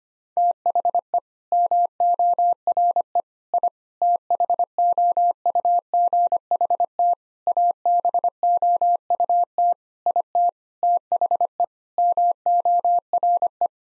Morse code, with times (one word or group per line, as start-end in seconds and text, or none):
0.4-1.2 THE
1.5-3.2 MORE
3.5-3.7 I
4.0-7.1 THOUGHT
7.5-9.7 ABOUT
10.1-10.5 IT
10.8-11.6 THE
12.0-13.7 MORE